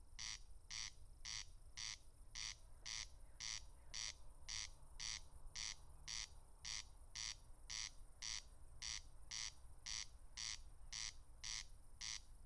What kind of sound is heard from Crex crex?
song